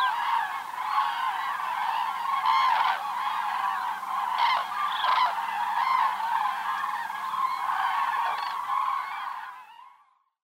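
Common crane flock calls, a dense overlapping chorus of loud honking and trumpeting notes, with a few louder bugles rising above the mass before it fades at the end.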